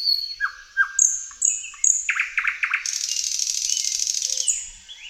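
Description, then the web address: Thrush nightingale song: clear whistles and falling notes, a quick run of hard clicking notes, then a loud sustained dry rattle. "Tajemnice puszczy Slowik szary"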